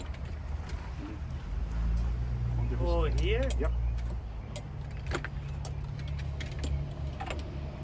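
In a wheelchair-accessible Toyota Sienna van, a passenger restraint belt fitting is handled near its floor tie-down anchor while someone talks over a low steady hum. Sharp knocks sound at about 4.6, 5.2 and 5.7 seconds. The fitting has not yet been pulled up to lock, and nothing has seated or snapped into the anchor yet.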